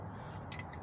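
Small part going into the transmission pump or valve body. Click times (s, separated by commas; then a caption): 0.5 s. A small replacement part is pressed by hand into a 700R4 transmission pump and valve body during a rebuild. A sharp click at 0.5 s is followed by a softer one at 0.6 s over a steady low hum, and the part pops into place and is seated.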